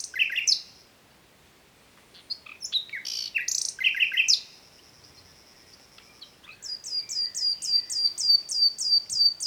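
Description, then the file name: Common nightingale song: varied chattering phrases, then a fast, rhythmic series of repeated high whistled notes to the end. "Luscinia megarhynchos"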